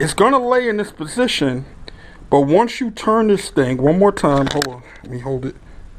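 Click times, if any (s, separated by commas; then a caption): none. Someone talks while handling the manual valve lever and rod on the valve body of a 42RLE automatic transmission from a Jeep Liberty, which is being removed for shift solenoid repair; the lever is about to be turned one more time so the rod catches and locks, letting the valve body pull out without the rod getting hung up or bent. Only speech and faint handling noise are heard, and nothing has seated or clicked yet.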